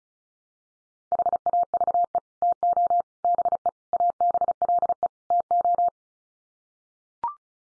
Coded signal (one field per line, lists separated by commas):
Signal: Morse code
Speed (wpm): 34 wpm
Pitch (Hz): 700 Hz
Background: none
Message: HAVE TO BE ABLE TO